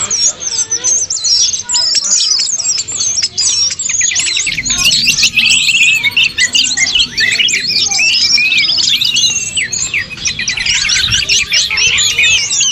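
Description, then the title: Bird chorus of busy high chirps and squeaky notes, with a low steady hum coming in about a third of the way through. "SuaraBurung Kicau3"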